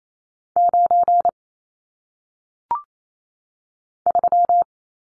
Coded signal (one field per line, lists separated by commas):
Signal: Morse code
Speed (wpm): 28 wpm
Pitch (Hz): 700 Hz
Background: none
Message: 9 3